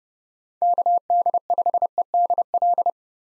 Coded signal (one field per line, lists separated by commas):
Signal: Morse code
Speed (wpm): 30 wpm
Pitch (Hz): 700 Hz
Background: none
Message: KD5EDL